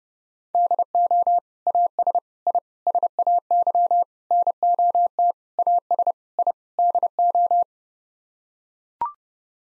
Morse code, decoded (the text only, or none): DO AS I SAY NOT AS I DO